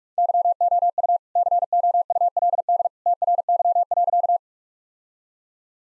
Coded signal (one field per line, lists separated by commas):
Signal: Morse code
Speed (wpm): 42 wpm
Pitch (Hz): 700 Hz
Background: none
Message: YOU COULD TRY.